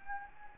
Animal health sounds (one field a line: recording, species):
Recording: mosquito wingbeat signal from an infrared sensor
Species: Anopheles gambiae